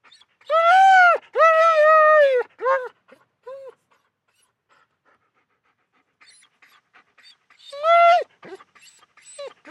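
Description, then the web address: German Shepherd whines: two long, drawn-out high whines followed by short yelps, a quiet pause, then another long whine and soft whimpers. Whines and barks. "Big Room Sound Dog German Shepherd"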